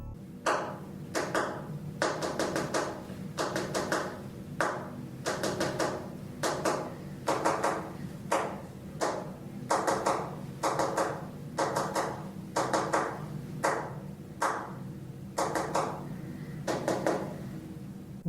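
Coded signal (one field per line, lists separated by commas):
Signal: tap code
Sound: wooden knocks in short groups with pauses between, spelling letters pair by pair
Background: low room hum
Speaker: Eve demonstrates by tapping by Hannah however I think she Taps an extra time in that last pair of numbers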